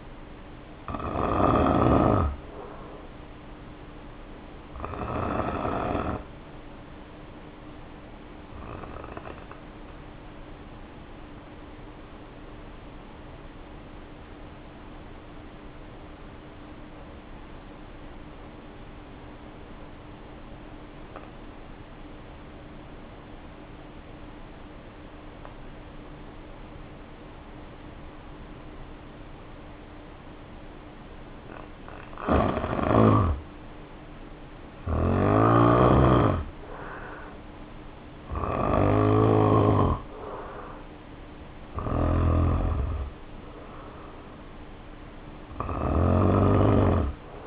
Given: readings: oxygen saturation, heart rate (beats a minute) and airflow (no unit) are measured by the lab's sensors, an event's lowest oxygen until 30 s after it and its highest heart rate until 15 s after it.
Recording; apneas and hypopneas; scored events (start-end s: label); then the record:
breathing in sleep by a voice recorder at the bedside; 1
9.00-36.20 s: hypopnea (N2, oxygen 94% highest, then 79% lowest, heart rate 49 at the start, 64 highest)
30.00-47.47 s: new sleep stage, N1 (lightest sleep)
From the record:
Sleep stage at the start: N2 (light sleep); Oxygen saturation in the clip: 78 to 94%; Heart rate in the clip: 49 to 64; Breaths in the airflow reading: 13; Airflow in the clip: -1.7 to 1.6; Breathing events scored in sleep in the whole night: 520 in 7.2 hours asleep